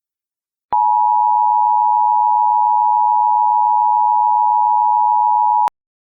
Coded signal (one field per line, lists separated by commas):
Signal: Emergency Alert System (SAME) tones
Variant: 853 and 960 Hz attention tone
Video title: EAS Scenario: Fused